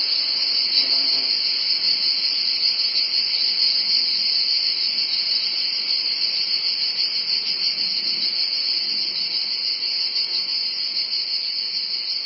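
Cicada chorus, a continuous shrill buzz holding constant throughout; nothing else stands out.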